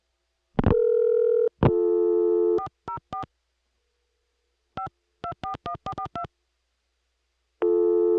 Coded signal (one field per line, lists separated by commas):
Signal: DTMF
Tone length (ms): 100 ms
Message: 404 5241442